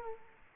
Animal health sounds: mosquito wingbeat signal from an infrared sensor; Culex quinquefasciatus

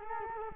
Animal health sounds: mosquito wingbeat signal from an infrared sensor; Culex quinquefasciatus

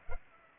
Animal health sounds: mosquito wingbeat signal from an infrared sensor; Culex pipiens

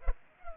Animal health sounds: mosquito wingbeat signal from an infrared sensor; Culex pipiens

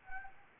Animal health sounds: mosquito wingbeat signal from an infrared sensor; Anopheles gambiae

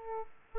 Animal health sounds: mosquito wingbeat signal from an infrared sensor; Aedes aegypti

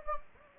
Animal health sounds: mosquito wingbeat signal from an infrared sensor; Anopheles gambiae

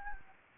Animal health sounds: mosquito wingbeat signal from an infrared sensor; Anopheles gambiae

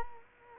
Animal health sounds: mosquito wingbeat signal from an infrared sensor; Culex quinquefasciatus

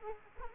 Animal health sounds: mosquito wingbeat signal from an infrared sensor; Culex quinquefasciatus

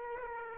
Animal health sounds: mosquito wingbeat signal from an infrared sensor; Aedes aegypti

